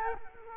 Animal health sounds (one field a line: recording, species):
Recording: mosquito wingbeat signal from an infrared sensor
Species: Culex quinquefasciatus